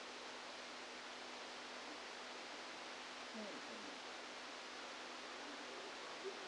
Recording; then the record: brain microelectrode recording played as sound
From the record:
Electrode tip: outside the subthalamic nucleus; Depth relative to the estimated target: -8 mm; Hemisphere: left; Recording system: NeuroSet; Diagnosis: Parkinson's disease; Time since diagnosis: 17 years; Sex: male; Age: 64 years